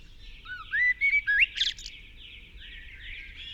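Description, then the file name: Common blackbird giving a brief fluty whistled phrase ending in a squeaky flourish, with a dense chorus of other birds throughout. "Turdus merula"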